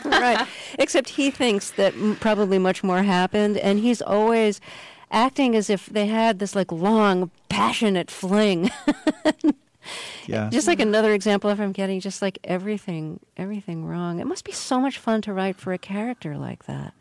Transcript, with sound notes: Except he thinks that probably much more happened, and he's always acting as if they had this, like, long, passionate fling (laughter).
Yeah.
Just, like, another example of him getting just, like, everything wrong. It must be so much fun to write for a character like that.